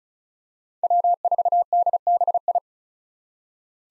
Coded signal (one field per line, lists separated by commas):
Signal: Morse code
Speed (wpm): 36 wpm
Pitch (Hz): 700 Hz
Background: none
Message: W4DBI